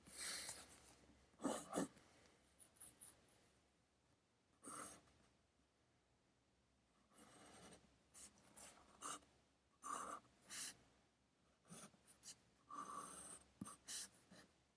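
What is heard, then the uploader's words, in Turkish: Pencil scratching on paper while studying, in short bursts of bright scribbling with pauses between them. Strokes cluster around the second, fifth, and tenth to fourteenth seconds, some quick and tapping. A faint steady hiss runs underneath throughout. Sessiz odada 60 dakika boyunca kurşun kalem ile ders çalışma; ortam sesleri, beyaz gürültü alt yapısı. Ev, kütüphane çalışmaları ortam sesi.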